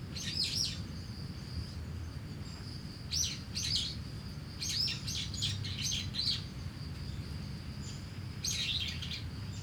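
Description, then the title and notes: Starling chattering in dense clusters of sharp, squeaky chirps separated by short pauses, with a steady high cricket trill and traffic. Singing in a tree in Kiyosumi garden, Tokyo, Japan, with crickets and cars; recorded binaurally with DPA 4060 microphones into a Deity PR-2. "Kiyosumi garden, Tokyo, Japon - Starling in a tree. Starling singing in a tree, crickets, cars, helicopter, people passing by"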